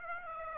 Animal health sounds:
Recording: mosquito wingbeat signal from an infrared sensor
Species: Aedes aegypti

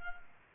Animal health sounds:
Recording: mosquito wingbeat signal from an infrared sensor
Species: Culex quinquefasciatus

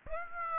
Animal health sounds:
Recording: mosquito wingbeat signal from an infrared sensor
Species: Aedes aegypti

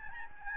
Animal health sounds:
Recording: mosquito wingbeat signal from an infrared sensor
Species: Aedes albopictus

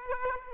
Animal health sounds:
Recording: mosquito wingbeat signal from an infrared sensor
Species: Aedes aegypti

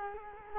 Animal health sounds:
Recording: mosquito wingbeat signal from an infrared sensor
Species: Culex quinquefasciatus

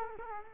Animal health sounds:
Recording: mosquito wingbeat signal from an infrared sensor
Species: Culex quinquefasciatus

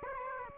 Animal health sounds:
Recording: mosquito wingbeat signal from an infrared sensor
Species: Aedes aegypti

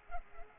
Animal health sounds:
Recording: mosquito wingbeat signal from an infrared sensor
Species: Culex pipiens

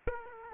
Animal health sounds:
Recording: mosquito wingbeat signal from an infrared sensor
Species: Aedes aegypti

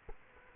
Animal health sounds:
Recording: mosquito wingbeat signal from an infrared sensor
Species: Culex quinquefasciatus

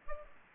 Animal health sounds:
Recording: mosquito wingbeat signal from an infrared sensor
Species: Aedes aegypti

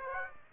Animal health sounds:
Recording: mosquito wingbeat signal from an infrared sensor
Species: Aedes aegypti

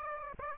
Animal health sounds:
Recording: mosquito wingbeat signal from an infrared sensor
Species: Aedes aegypti

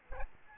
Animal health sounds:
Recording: mosquito wingbeat signal from an infrared sensor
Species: Aedes albopictus

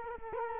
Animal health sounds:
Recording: mosquito wingbeat signal from an infrared sensor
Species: Culex quinquefasciatus

